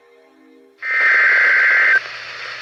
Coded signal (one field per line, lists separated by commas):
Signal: Emergency Alert System (SAME) tones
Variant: header bursts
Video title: EAS #2,500!!! EAS Alerts from 5/18/19 - (EAS #2,500 - 2,502)